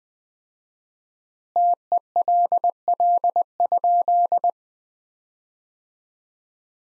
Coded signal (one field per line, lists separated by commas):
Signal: Morse code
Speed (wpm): 20 wpm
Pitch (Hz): 700 Hz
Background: none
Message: TELL?